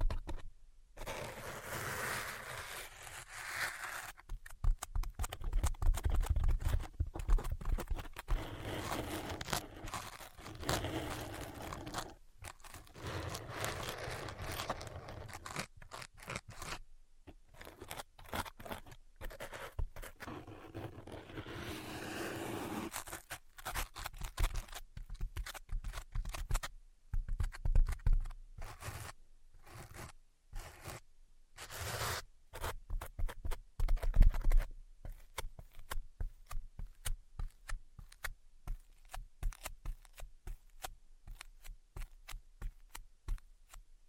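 Tapping and scratching on a surface, with dense, rough scraping strokes filling the first twenty-odd seconds. Later the sound breaks into sharper, quicker taps and short scratches with brief gaps between them, growing choppier and a little louder near the end.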